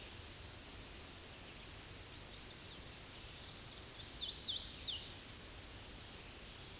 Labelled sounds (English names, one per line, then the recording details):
Hooded Warbler song
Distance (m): 55 m
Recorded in a Pennsylvania forest on 18 May 2023 at 07:33
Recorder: AudioMoth, point grid1_34_low
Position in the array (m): 154 m, 113 m